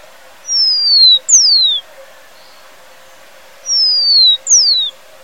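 Rufous-collared Sparrow giving clear whistled notes, each pair a long gently falling whistle then a shorter steeper downslur, the pair heard twice about three seconds apart.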